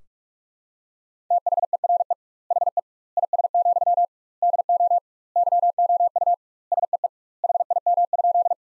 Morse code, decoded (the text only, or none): THERE HE IS, DO YOU SEE HIM?